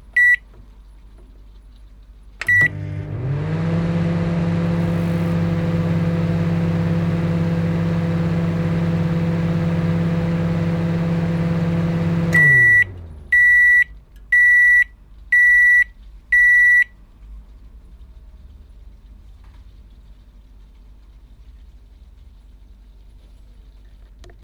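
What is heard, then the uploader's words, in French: A microwave oven starts with a short beep, then hums steadily for about ten seconds with a low drone and fan whir. The hum winds down around twelve seconds, followed by four evenly spaced high beeps, then quiet. Micro ondes. Bruit capté par les élèves de 6ème du collège Pierre Sémard de Bobigny, lors de l'initiation à la prise de son.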